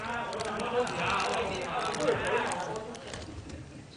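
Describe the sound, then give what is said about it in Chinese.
The plastic packaging of a rapid test kit being torn open and handled, a steady run of crinkly rustles and small sharp crackles over about four seconds, with a low murmur of voices underneath. “我再舉多次，我拆咗俾你睇啦。”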